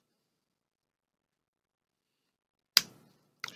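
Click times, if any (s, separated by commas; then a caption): 2.8 s. A Samsung Galaxy Tab 3 (SM-T217s), just repaired with a replacement digitizer for its cracked screen, is pressed back into its plastic snap-on protective case. After near silence, a single sharp, loud snap at 2.8 s marks the tablet seating in the case, followed by fainter clicks at about 3.4 s and 3.6 s.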